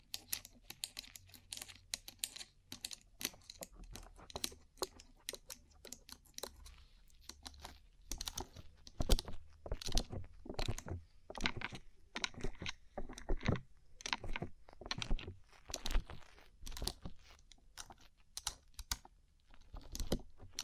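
Tapping on a rhinestone-covered surface: a dense, irregular stream of sharp, bright clicks that runs the whole length, with a few louder taps clustering in the middle. A low, steady hum sits underneath, clearest in the first half.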